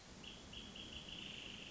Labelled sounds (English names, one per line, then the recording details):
Wrentit
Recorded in Sonoma County, California